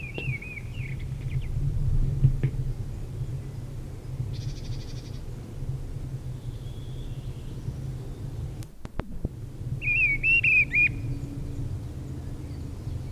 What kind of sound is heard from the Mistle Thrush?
song